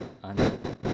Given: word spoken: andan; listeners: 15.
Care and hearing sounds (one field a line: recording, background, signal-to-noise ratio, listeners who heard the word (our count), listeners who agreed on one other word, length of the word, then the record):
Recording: one Spanish word in noise, from a listening test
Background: noise modulated by one talker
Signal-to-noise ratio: -12.1 dB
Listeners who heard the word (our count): 0 of 15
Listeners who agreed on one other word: 8 of 15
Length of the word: 0.53 s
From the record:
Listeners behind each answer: 8, 2, 1, 1, 1, 1, 1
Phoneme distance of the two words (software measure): 24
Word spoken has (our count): 2 syllables, 5 phonemes, stress on syllable 1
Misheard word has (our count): 2 syllables, 5 phonemes, stress on syllable 1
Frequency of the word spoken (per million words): 9.95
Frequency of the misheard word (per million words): 5.53